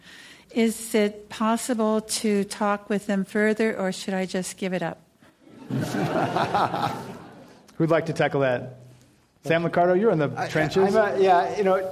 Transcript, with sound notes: Is it possible to talk with them further or should I just give it up?
[Laughs]
Who’d like to tackle that? Sam Liccardo, you’re in the trenches.